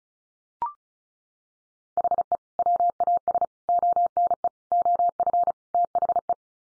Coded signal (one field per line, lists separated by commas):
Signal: Morse code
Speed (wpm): 34 wpm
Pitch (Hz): 700 Hz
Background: none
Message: HE WAS ONE OF THE